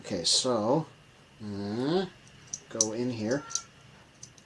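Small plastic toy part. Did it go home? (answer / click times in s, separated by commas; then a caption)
partly / 4.2 s. Someone talks while a toy missile is pushed into a Transformers figure's launcher. A short, sharp click is heard at 4.2 s, but the missile doesn't stay in, so it is not held home.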